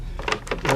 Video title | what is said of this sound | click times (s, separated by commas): pt 86 NINJA RESTORATION,SUB ASSEMBLIES AND CLEANING CALIPERS | get all the rubber bushings right where they should go it snaps right in | 0.3 s